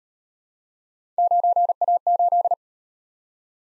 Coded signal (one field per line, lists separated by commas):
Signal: Morse code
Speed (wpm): 39 wpm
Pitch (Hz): 700 Hz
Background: none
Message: 9A8